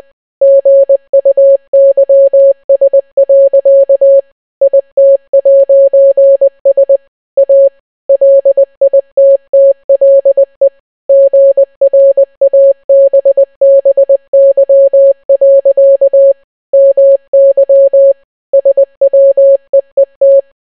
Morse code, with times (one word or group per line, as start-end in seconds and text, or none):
0.4-4.2 GUYS.
4.6-7.0 IT'S
7.4-7.7 A
8.1-10.7 LITTLE
11.1-16.3 GRABBY.
16.7-18.1 MY
18.5-20.4 SWEET